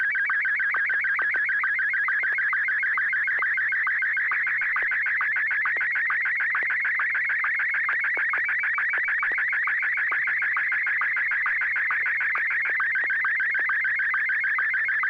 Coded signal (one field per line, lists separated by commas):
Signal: SSTV (slow-scan television)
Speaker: Joel ai6 DG to go ahead and send a a picture when you're ready go ahead Joel I that's [Music] all right uh just received the photograph